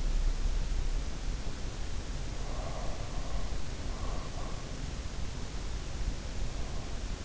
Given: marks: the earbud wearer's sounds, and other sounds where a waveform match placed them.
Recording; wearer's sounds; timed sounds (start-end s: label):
sounds in sleep by an in-ear microphone; breath
2.30-4.66 s: breath